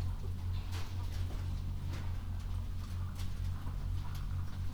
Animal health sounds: poultry house recording; healthy chickens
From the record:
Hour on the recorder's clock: 21

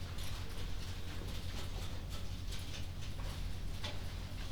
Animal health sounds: poultry house recording; no chicken sound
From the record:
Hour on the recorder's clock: 21

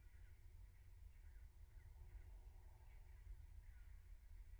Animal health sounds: poultry house recording; no chicken sound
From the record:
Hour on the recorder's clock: 15

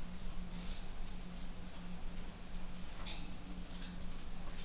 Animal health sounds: poultry house recording; no chicken sound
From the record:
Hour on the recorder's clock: 23

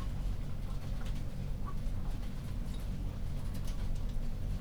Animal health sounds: poultry house recording; healthy chickens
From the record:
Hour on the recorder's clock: 0

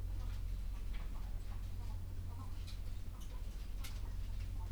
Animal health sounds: poultry house recording; sick chickens (respiratory disease)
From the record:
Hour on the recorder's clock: 11

